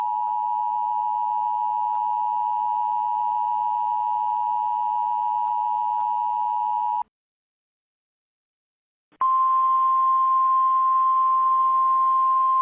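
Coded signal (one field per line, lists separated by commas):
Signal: Emergency Alert System (SAME) tones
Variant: 853 and 960 Hz attention tone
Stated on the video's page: EAS alerts and tests spanning 2005 to 2025, including weekly and monthly tests, national EAS tests, and tornado and severe thunderstorm warnings and watches.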